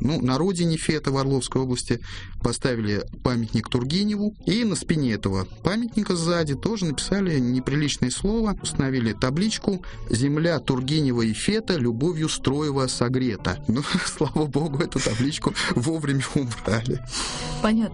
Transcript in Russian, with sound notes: Ну, на родине Фета в Орловской области, поставили памятник Тургеневу, и на спине этого памятника сзади тоже написали неприличное слово, установили табличку «Земля Тургенева и Фета любовью Строева (смеется) Ну, слава Богу эту табличку вовремя убрали.
Понятно.